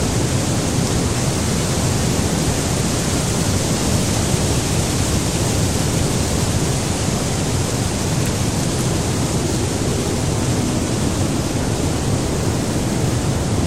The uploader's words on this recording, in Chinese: 大自然声音助眠：风吹草地。